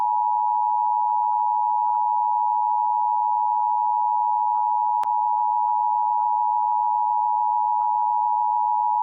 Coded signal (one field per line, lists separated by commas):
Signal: Emergency Alert System (SAME) tones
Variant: 853 and 960 Hz attention tone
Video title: St Patrick's Day Specialty EAS 🍀